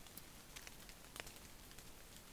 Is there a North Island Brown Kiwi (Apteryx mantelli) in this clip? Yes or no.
no